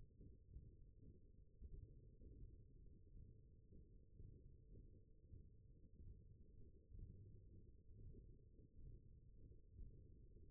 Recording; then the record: forearm muscle sounds (acoustic myography)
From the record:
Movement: hook grip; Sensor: system 1, eight BSWA MPA416 microphones around the upper forearm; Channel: 3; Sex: male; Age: 21 years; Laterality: right